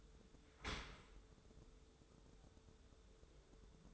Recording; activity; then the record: daily activity, microphone in the room; open dishwasher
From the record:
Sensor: 3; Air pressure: 1015.0 hPa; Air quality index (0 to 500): 36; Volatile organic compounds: 1 ppm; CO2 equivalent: 568 ppm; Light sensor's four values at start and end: 11/26/11/11 and 11/26/11/11